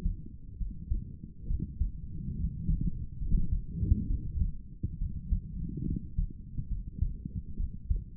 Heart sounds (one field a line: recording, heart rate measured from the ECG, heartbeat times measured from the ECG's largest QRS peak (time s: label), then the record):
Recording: heart sounds by stethoscope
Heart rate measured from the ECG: 69 bpm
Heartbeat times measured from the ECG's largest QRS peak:
0.58 s: heartbeat
1.48 s: heartbeat
2.37 s: heartbeat
3.20 s: heartbeat
4.08 s: heartbeat
4.99 s: heartbeat
5.86 s: heartbeat
6.69 s: heartbeat
7.57 s: heartbeat
From the record:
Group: healthy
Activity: cold pressor test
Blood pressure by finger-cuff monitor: 111/48 mmHg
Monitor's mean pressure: 67 mmHg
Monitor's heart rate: 68 bpm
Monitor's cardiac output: 7.8 L/min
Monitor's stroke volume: 113 mL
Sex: female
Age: 22 years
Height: 160 cm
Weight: 63 kg